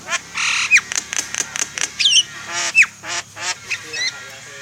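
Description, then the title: Javan myna song: a loud, varied run of harsh squawks, nasal harmonic notes and short sharp whistles, some sliding downward, delivered in quick uneven bursts. Bird singing actively, a state known locally as gacor. "Jalak kebo Gacor"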